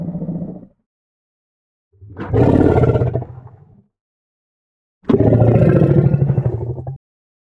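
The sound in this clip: African elephant gurgling in three low, throaty bursts with a pulsing, bubbling texture, the last two louder and longer, separated by silent pauses.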